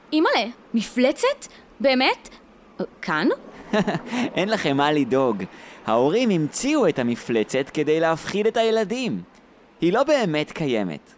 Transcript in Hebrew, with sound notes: אימא'לה… מפלצת? באמת? כאן?
(צוחק) אין לכם מה לדאוג. ההורים המציאו את המפלצת כדי להפחיד את הילדים, היא לא באמת קיימת.